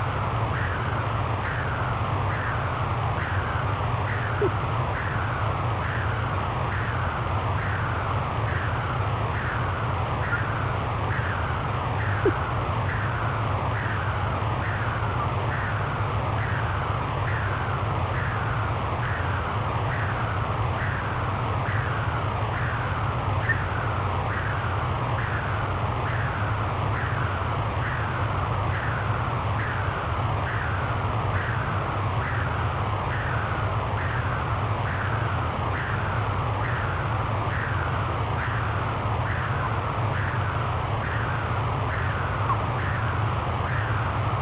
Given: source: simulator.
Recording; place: transcranial Doppler ultrasound of blood flow; middle cerebral artery (MCA)